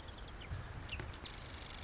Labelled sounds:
Marsh Wren (Cistothorus palustris)

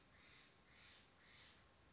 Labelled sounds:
Steller's Jay (Cyanocitta stelleri)

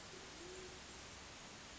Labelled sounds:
Band-tailed Pigeon (Patagioenas fasciata)

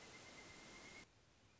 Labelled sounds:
Pileated Woodpecker (Dryocopus pileatus)

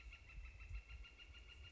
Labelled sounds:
Northern Flicker (Colaptes auratus)

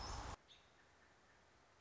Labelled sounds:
American Robin (Turdus migratorius)

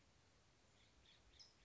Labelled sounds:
California Towhee (Melozone crissalis)

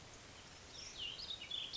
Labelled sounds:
Cassin's Vireo (Vireo cassinii)

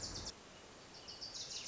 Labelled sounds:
Wilson's Warbler (Cardellina pusilla)

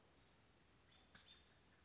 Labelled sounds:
American Robin (Turdus migratorius)

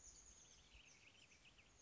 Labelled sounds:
Oak Titmouse (Baeolophus inornatus)

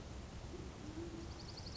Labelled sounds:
Band-tailed Pigeon (Patagioenas fasciata)

